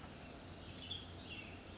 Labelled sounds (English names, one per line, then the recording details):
Western Tanager
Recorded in Sonoma County, California